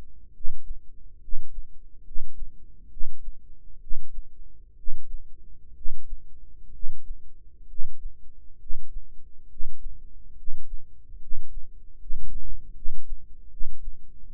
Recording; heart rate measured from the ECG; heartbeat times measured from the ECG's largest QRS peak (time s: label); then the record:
heart sounds by microphone in the right ear; 69 bpm
0.33 s: heartbeat
1.20 s: heartbeat
2.03 s: heartbeat
2.89 s: heartbeat
3.79 s: heartbeat
4.75 s: heartbeat
5.74 s: heartbeat
6.71 s: heartbeat
7.66 s: heartbeat
8.57 s: heartbeat
9.47 s: heartbeat
10.35 s: heartbeat
11.19 s: heartbeat
11.97 s: heartbeat
12.73 s: heartbeat
13.49 s: heartbeat
14.25 s: heartbeat
From the record:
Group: healthy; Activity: rest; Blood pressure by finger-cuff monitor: 100/57 mmHg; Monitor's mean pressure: 69 mmHg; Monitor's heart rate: 69 bpm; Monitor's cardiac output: 7.1 L/min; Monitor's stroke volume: 104 mL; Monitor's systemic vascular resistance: 720 dyn s/cm5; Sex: male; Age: 35 years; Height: 180 cm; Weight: 86.9 kg